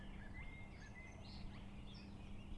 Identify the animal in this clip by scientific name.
Turdus merula